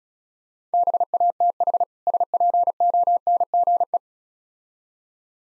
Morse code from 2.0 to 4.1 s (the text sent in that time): SPONGE